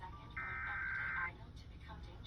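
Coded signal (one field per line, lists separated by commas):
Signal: Emergency Alert System (SAME) tones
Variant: header bursts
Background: speech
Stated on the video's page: Real Required Monthly Test for Indiana, received on WSTO.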